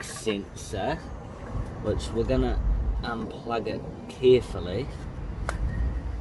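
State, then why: Released. Someone talks while carefully unplugging the wiring harness electrical connector from an engine sensor on a Swift ZC31S car. A single sharp click is heard at 5.5 s as the latch releases and the connector unclips from the sensor, which is dirty compared with the new one.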